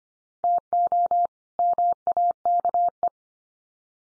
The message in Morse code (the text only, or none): TO MAKE